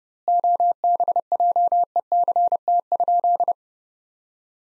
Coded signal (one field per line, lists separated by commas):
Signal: Morse code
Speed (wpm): 30 wpm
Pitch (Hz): 700 Hz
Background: none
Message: OBJECT?